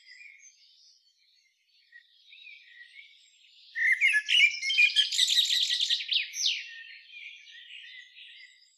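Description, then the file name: Common blackbird, high twittering calls: faint scattered notes, then a loud rapid run of squeaky chirps and buzzy trills for about three seconds, fading to soft twitters. "Turdus merula"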